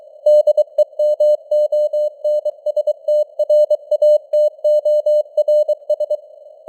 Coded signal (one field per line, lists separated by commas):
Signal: Morse code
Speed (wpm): 23 wpm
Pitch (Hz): 600 Hz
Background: none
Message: DEMONSTRATORS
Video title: Morse Code News | 2025-12-19 | 23wpm